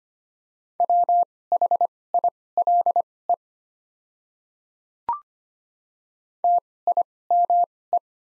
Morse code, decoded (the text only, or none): WHILE TIME